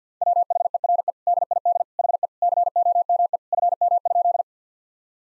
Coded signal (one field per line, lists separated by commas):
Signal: Morse code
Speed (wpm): 50 wpm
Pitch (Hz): 700 Hz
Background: none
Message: WHERE DID HE COME FM?